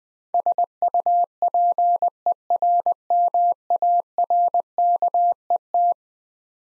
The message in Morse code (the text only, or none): SUPERMARKET